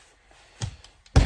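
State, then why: Seated. During reassembly, a firearm component is lined up and slid into the gun frame, with a few faint knocks around 0.6, 0.8 and 1.1 seconds. A sharp, loud thunk at 1.2 seconds marks the part locking into place, and it is seated.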